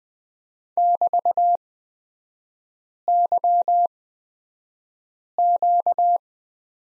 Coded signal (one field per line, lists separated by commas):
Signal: Morse code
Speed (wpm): 20 wpm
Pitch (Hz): 700 Hz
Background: none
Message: <BT>YQ